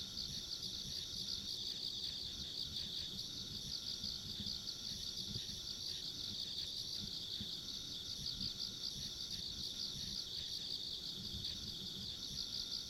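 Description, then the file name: Insects sing a constant high chorus of overlapping trills, faintly pulsed, while a soft low rumble continues underneath. Ambient insect sounds along a rural country road. "田舎道の虫の環境音"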